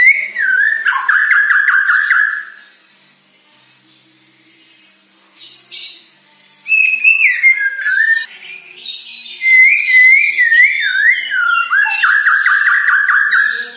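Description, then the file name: White-rumped shama song: a long whistled phrase, a quiet gap, then rising and falling whistles with buzzy high overtones. Bornean type; lure recording meant to make shamas sing actively ('gacor'). "Sara Pancingan Murai Batu Borneo Agar Gacor Dor"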